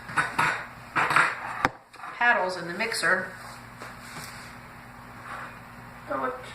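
A metal beater (paddle) is handled and pushed toward one of the sockets of a hand mixer while someone talks, with short metallic clinks and ticks along the way. Nothing has seated or clicked yet; the clip ends just before the beater goes home.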